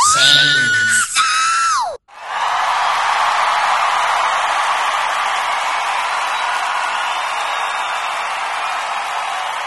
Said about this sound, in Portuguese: Obrigada, gente. Essas palmas são para nós